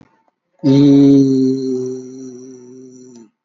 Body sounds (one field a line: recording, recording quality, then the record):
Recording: sustained vowel as in beet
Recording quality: excellent, no background noise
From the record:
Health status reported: COVID-19 positive, moderate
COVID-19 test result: positive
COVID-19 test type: RT-PCR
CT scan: taken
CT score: 13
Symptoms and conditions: cough, cold, breathing difficulty, sore throat, fever, fatigue, muscle pain, asthma, another respiratory illness, hypertension, ischaemic heart disease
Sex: male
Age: 81 years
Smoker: no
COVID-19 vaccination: both doses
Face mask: worn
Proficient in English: yes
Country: India